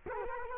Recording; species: mosquito wingbeat signal from an infrared sensor; Culex quinquefasciatus